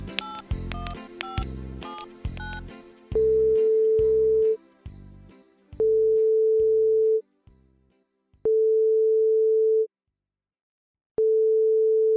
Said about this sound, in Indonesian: Dengan bersemangat, ia menekan tombol-tombol telepon untuk menghubungi ayahnya di luar kota.